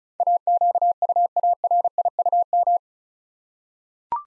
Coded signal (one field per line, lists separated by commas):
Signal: Morse code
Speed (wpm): 36 wpm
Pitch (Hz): 700 Hz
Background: none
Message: AQUARIUM